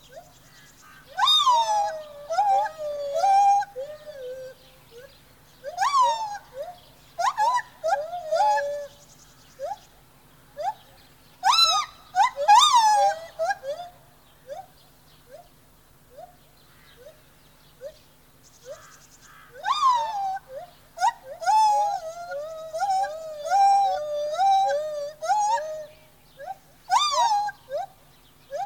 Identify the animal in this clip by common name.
Lar Gibbon